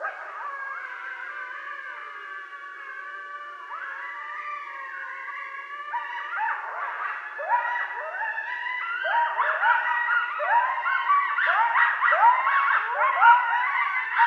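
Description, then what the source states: Coyotes give long, wavering howls that build into a chorus of rapid rising yips, repeated about once a second and growing louder toward the end. Several coyotes recorded on 13 November 2012.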